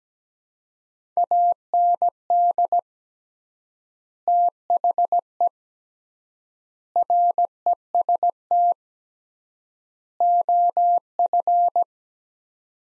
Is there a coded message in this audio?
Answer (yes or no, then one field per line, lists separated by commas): yes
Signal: Morse code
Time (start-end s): 1.2-11.8 s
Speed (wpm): 17 wpm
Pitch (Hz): 700 Hz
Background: none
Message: AND THE REST OF